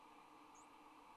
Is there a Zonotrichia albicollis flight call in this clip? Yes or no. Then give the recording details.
no. Another species' flight call is heard. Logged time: 08:19 on 26 November 2014